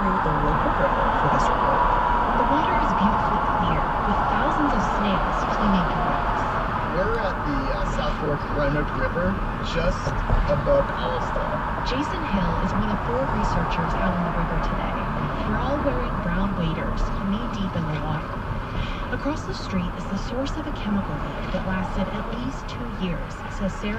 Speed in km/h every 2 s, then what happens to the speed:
47, 47, 47, 45, 40, 39, 39, 39, 34, 31, 29, 29.
0-5 steady at about 47. 5-9 slows to 39. 9-14 steady at about 39. 14-19 slows to 29.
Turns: none.